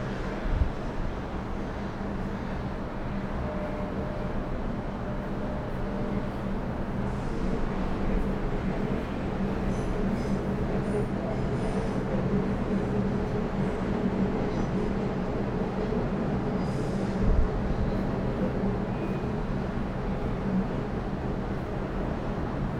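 A city soundscape from the 29th floor above Melbourne's Docklands: a steady, dense low roar of traffic and rail noise with a constant hum underneath. Faint higher hiss and brief clicks drift in, with a short thump near seventeen seconds.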